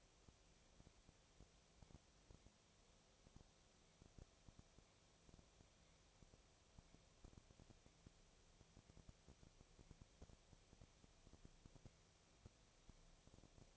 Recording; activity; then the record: daily activity, microphone in the room; no activity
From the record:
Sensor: 1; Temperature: 19.6 degrees Celsius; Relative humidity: 36.5%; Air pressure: 996.9 hPa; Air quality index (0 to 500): 204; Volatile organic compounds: 129 ppm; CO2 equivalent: 3921 ppm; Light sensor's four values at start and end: 1/2/1/1 and 1/2/1/1